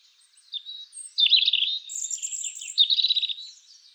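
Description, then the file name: European robin song: thin, high warbled phrases mixing sweet whistles and quick trills, pausing briefly between bursts. "Erithacus rubecula"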